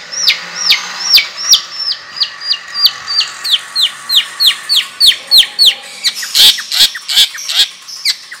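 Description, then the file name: Long-tailed shrike singing a steady series of downslurred whistled notes, about three each second, ending in a louder burst of harsh mixed chirps. Long, rolling song style (ngerol panjang); bird described as singing actively (gacor). "Burung Cendet Ngerol Panjang Gacor"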